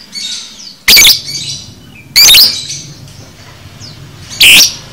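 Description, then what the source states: Lovebird squawks: three loud, piercing, high bursts, with quiet chattering in between. Lovebird paud masteran recording, for training cage birds.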